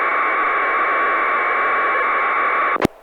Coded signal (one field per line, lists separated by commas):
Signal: packet radio (AX.25, as in APRS)